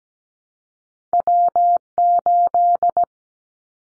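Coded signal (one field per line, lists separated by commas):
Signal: Morse code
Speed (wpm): 17 wpm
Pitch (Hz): 700 Hz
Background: none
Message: W8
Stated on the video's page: Morse drill of callsign prefixes for the top 25 DXCC entities at 17 wpm, each sent, spoken, then sent again.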